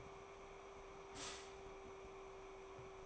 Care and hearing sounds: daily activity, microphone in the room; stop toaster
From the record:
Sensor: 1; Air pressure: 1004.2 hPa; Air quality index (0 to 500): 201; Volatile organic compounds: 19 ppm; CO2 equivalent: 2653 ppm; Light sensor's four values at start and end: 4/13/4/5 and 4/13/4/5

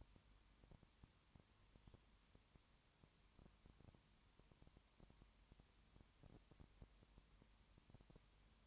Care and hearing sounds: daily activity, microphone in the room; no activity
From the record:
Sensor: 3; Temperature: 21.1 degrees Celsius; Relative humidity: 37.0%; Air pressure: 1010.6 hPa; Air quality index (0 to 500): 204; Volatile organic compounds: 31 ppm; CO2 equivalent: 2974 ppm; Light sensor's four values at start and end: 2/3/2/2 and 2/3/2/2

